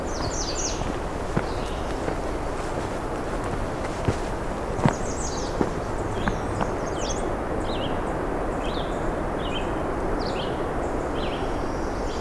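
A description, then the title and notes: Birds sing short bright chirps and trills throughout, over a steady low rumble, with a few sharp clicks or taps near four to seven seconds. An unopened road allowance that follows the edge of the park property. It starts as a road but quickly gets much more narrow, with small cedars and shrubs crowding the trail in. I know this heads to a wetland, so I’m hoping to come across some new songs on this warm June morning.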